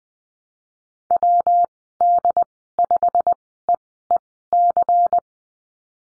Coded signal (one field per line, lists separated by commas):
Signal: Morse code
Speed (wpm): 20 wpm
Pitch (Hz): 700 Hz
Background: none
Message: WD5EEC